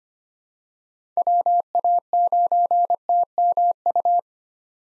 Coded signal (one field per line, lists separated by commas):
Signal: Morse code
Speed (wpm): 25 wpm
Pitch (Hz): 700 Hz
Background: none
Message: WA9TMU